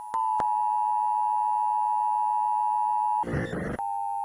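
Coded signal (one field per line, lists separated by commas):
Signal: Emergency Alert System (SAME) tones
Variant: 853 and 960 Hz attention tone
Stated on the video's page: Fictional EAS scenario, a reupload of another creator's work.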